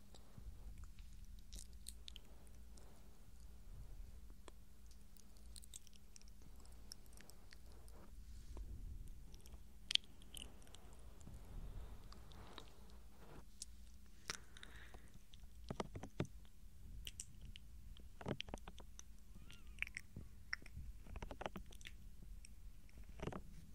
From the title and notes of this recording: ASMR Tingles Overload SOFT Ear Touching & GENTLE Mouth Sounds For Sleep.